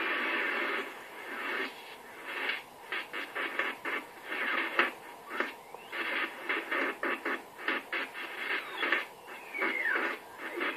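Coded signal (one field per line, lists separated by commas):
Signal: unidentified radio signal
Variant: AMIS powerline smart meter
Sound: irregular bursts of harsh wideband buzzing hiss with short gaps, occasional faint falling whistles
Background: radio static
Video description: AMIS Signal der Energie-AG Oberösterreich im Langwellenbereich stören unter anderem den DCF-77 Zeitzeichenempfang sehr stark!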